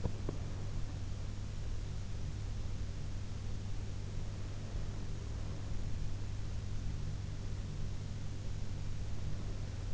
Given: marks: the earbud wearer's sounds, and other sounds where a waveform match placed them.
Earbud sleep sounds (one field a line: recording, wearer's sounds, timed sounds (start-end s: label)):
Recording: sounds in sleep by an in-ear microphone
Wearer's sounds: teeth grinding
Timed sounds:
0.00-0.45 s: teeth grinding